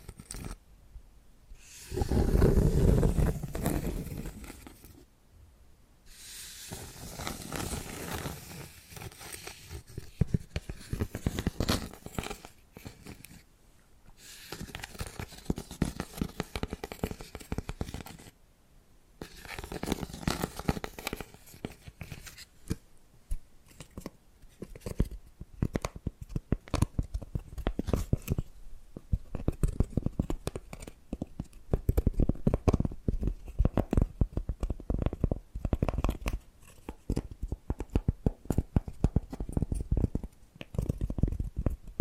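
Tapping and scratching sounds run almost without pause, dense clusters of quick crackly strokes and taps. A deeper, louder thump-like rustle stands out near the start, and brief silent gaps fall around 2, 6, 14 and 19 seconds before the busy texture returns.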